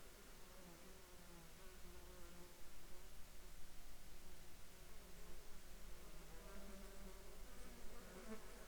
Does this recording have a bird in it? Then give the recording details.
no. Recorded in the Prudhoe Bay oil fields, Alaska, on 7 July 2021 at 20:28. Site 14